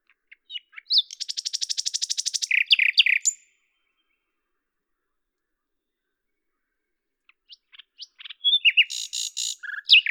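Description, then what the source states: Common nightingale song: a fast, buzzing, machine-gun trill with a few rich notes, silence, then another phrase of sharp, varied notes. At Lavours, France, on 10 May 1998; Tascam DAP-1 with Télingua microphone, edited in Samplitude 5.1.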